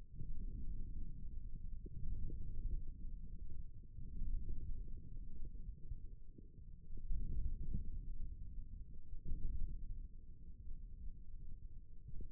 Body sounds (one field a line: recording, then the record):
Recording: forearm muscle sounds (acoustic myography)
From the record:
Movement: forearm supination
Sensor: system 1, eight BSWA MPA416 microphones around the upper forearm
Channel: 1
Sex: male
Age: 28 years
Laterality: right